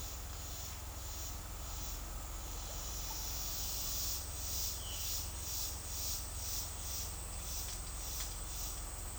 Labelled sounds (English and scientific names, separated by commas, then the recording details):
none
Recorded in dense forest near Puerto Asís, Putumayo, Colombia, on 9 March 2025 at 10:30
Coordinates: 0.503, -76.323
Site GP09